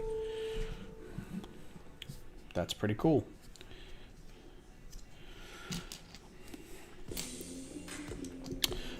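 A plastic building brick piece is fitted onto another brick while building a set, and it snaps into place only when held sideways or angled. A sharp snap sounds at 2.0 s as the piece seats, and someone talks around it.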